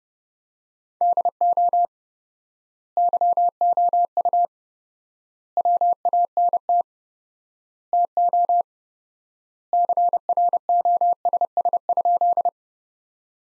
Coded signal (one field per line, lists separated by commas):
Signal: Morse code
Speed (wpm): 30 wpm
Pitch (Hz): 700 Hz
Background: none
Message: DO YOU WANT TO CROSS?